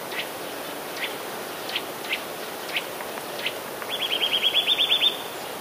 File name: kowalik tryle